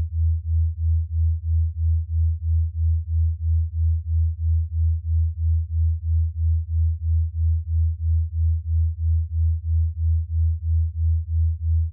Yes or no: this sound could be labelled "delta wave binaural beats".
yes